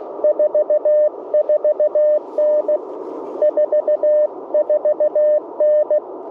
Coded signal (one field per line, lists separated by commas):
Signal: Morse code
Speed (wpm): 20 wpm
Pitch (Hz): 600 Hz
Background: radio noise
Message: 44N 44N